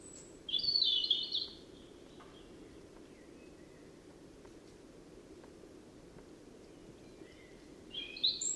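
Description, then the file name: European robin giving two short, high, sparkling warbled phrases, one near the start and one at the end, separated by several seconds of quiet low rumble. "Erithacus rubecula"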